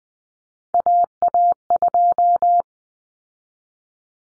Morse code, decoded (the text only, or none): AA2